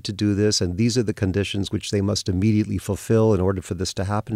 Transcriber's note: none